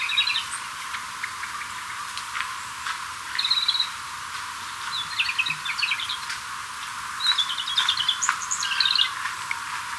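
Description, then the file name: Japanese robin singing in brief trilled phrases separated by pauses, against constant hiss. Recorded 12 April 2008. "komadori 080412"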